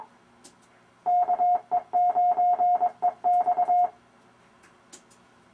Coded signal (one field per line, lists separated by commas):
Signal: Morse code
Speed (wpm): 22 wpm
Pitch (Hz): 710 Hz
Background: none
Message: KE9EX